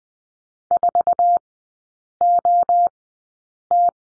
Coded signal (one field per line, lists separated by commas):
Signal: Morse code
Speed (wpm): 20 wpm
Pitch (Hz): 700 Hz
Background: none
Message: 4OT